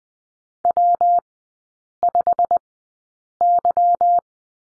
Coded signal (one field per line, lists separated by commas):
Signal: Morse code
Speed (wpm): 20 wpm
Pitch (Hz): 700 Hz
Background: none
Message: W5Y